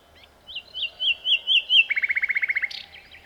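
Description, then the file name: Common nightingale song: a series of slurred rising whistles that build in volume, followed by a rapid, even trill of many clipped notes. "Luscinia megarhynchos"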